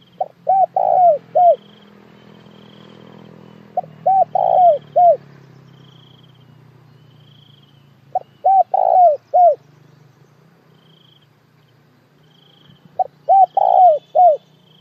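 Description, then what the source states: Spotted dove giving repeated cooing phrases, each a quick run of soft hooted notes ending in a falling coo, roughly every four seconds, over a faint background hum. Calling the flock.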